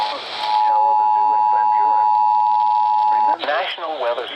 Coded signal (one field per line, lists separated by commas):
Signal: Emergency Alert System (SAME) tones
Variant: 853 and 960 Hz attention tone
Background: speech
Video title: July 2021 | From the archives! [EAS #778-781]